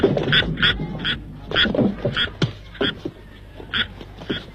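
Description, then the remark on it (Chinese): Frogs croak over and over, roughly nine nasal, raspy calls in an uneven rhythm, fairly loud above a low, steady background rumble. “哪儿的青蛙？”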